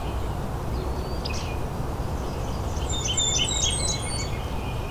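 Blackburnian warbler song: a quick burst of very high, thin, sharp notes near the end, with faint chirps earlier and a steady low background rumble.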